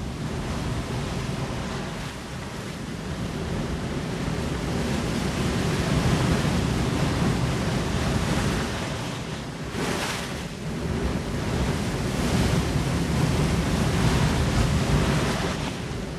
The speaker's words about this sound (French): Voilà, le studio 168 tangue évidemment sous les quelques vagues, quelques effluves marines qui nous viennent, quelques embruns qui viennent de François Connac et de ses trouvailles et de ses bruitages.